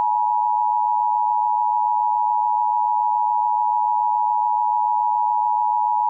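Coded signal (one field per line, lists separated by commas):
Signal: Emergency Alert System (SAME) tones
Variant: 853 and 960 Hz attention tone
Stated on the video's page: Fictional EAS scenario.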